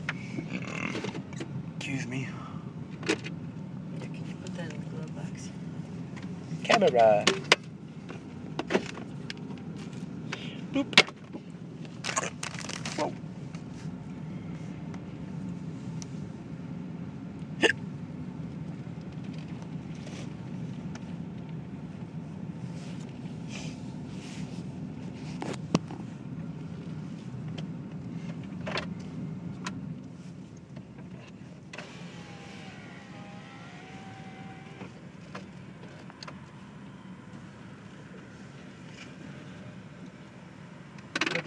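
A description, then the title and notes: A car wash runs with a steady low rumble and hum through most of the recording, broken by sharp knocks and clatters, the loudest around 7 and 11 seconds. Near the 31-second mark the rumble drops and a thinner hiss with faint squeaks takes over. Car wash!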